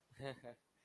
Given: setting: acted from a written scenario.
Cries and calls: vocal sound without words; shame

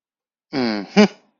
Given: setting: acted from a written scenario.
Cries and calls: vocal sound without words; pride

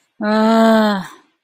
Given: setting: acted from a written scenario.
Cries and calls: vocal sound without words; guilt

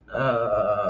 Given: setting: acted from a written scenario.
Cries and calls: vocal sound without words; embarrassment

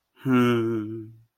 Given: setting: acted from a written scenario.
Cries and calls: vocal sound without words; pride

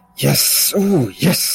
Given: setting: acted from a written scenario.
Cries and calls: vocal sound without words; pride

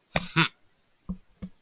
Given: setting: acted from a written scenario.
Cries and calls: vocal sound without words; pride

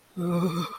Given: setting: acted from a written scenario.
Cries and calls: vocal sound without words; fear

